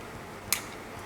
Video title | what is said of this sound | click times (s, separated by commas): Hexa Gear Motor Punisher LA Type 1/24 Review! | very nice click. | 0.5 s